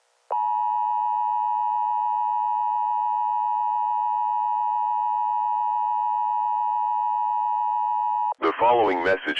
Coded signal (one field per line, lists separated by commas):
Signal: Emergency Alert System (SAME) tones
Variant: 853 and 960 Hz attention tone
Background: speech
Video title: EAS Mock Alien Attack